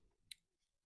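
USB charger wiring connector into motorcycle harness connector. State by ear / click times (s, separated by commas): seated / 0.3 s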